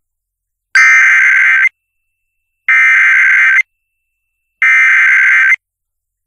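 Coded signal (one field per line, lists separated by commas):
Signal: Emergency Alert System (SAME) tones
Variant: header bursts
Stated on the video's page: EAS Severe Thunderstorm Warning for Laredo, Texas, with valid EAS tones captured from three FM stations.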